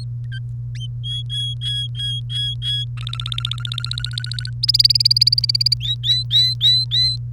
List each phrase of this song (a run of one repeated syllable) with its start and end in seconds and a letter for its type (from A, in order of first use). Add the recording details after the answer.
1.03-2.85 A, 2.97-4.50 B, 4.63-5.74 C, 5.81-7.16 D. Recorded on 1 May 2018 at 18:09. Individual llb3